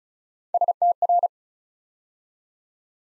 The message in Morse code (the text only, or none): STR